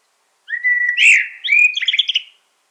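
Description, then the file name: Common blackbird giving one continuous fluty phrase, a rising whistle swelling then dissolving into rapid high twitters. "Turdus merula"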